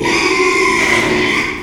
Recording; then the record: squeal of a Yucatan mini pig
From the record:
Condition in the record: after surgery on the right vocal fold (resection and tissue-engineered implant); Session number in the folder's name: 1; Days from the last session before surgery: 6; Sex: male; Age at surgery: 12 weeks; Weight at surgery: 13 kg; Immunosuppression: cyclosporine, prednisolone